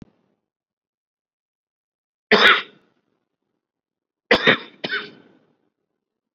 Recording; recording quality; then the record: heavy voluntary cough; excellent, no background noise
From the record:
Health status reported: COVID-19 positive, mild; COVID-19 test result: positive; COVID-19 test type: RT-PCR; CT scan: not taken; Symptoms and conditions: cold, diarrhoea, diabetes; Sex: male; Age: 31 years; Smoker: no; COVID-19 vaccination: both doses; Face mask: worn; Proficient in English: yes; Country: India